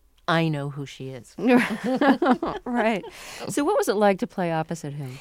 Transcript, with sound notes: I know who she is.
(LAUGHTER)
Right. So what was it like to play opposite him?